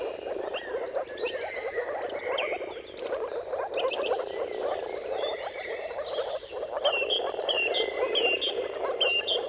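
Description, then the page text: Many moor frogs give overlapping soft, gurgling mating calls in an unbroken chorus; birds sing high chirps and whistles in the background. Dawn chorus of moor frogs giving mating calls at sunrise, at the turn of March and April, timing depending on the weather. "Jakub-Orzecki moor frogs. Depending on the weather at the turn of March and April, you can witness an amazing spectacle of moor frogs"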